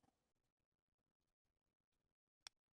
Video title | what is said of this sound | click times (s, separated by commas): Retrieve Film Out Of It's Canister | after you hear that click that means the tab with the film has gone over this little metal lip and it's | 2.5 s